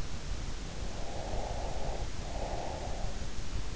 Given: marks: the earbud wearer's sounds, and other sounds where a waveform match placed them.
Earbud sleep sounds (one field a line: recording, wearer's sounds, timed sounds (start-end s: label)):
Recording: sounds in sleep by an in-ear microphone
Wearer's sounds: breath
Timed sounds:
0.95-3.18 s: breath